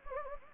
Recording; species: mosquito wingbeat signal from an infrared sensor; Anopheles gambiae